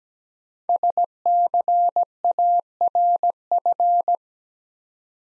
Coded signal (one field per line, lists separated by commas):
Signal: Morse code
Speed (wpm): 17 wpm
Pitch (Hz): 700 Hz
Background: none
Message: SCARF